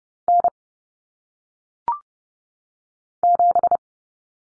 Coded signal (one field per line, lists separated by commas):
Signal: Morse code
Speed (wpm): 30 wpm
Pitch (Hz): 700 Hz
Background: none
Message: N 7